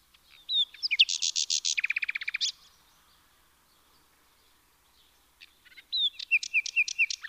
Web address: SETE data Luscinia megarhynchos